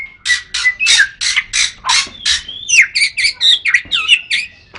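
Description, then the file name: White-rumped shama song: a rapid series of loud harsh notes, shifting into quicker, varied chattering phrases. Murai batu named Matrix, associated with Pawang BC, Lhokseumawe; songbird-contest (kicau) context. "kicau murai batu matrix pawang bc lhokseumawe"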